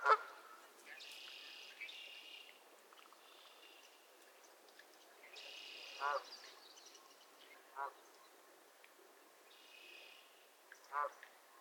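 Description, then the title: Goose honks, sparse and fairly faint, a few single nasal notes seconds apart, with a few high buzzy sounds between them. Squabbling geese at Miner's Marsh, Annapolis Valley, Nova Scotia. "Theraphonia - Geese at Miner's Marsh"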